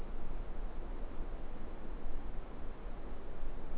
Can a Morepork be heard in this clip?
no